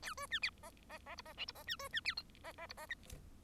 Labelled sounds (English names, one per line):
Bengalese Finch song